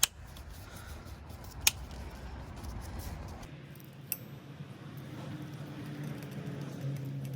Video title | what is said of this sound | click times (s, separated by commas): HOW TO INSTALL STEERING WHEEL POSITION ANGLE SENSOR ON A 2007 - 2013 CHEVY SILVERADO | Make sure it clicks everywhere. | 0.0 s, 1.7 s